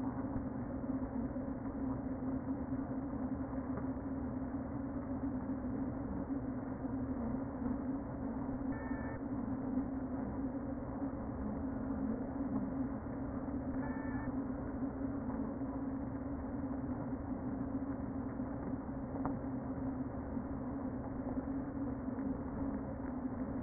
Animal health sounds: honeybee colony, microphone inside the hive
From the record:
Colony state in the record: queen present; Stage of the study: before two queens were removed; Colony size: about 60,000 bees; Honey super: yes

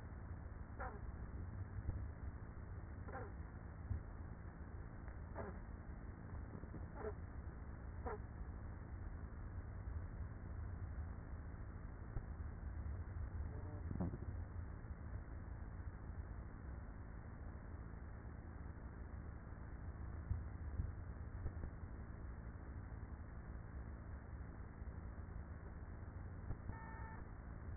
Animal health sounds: honeybee colony, microphone inside the hive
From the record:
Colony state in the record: queenless with a low population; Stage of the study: after two queens were removed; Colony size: about 30,000 bees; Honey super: no

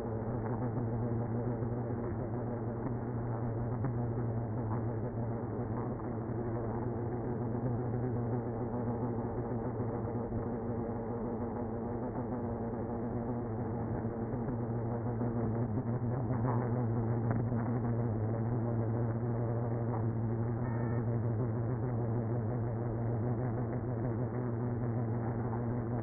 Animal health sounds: honeybee colony, microphone inside the hive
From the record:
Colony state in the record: queenless (queen removed); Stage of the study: after two queens were removed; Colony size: about 60,000 bees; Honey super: yes

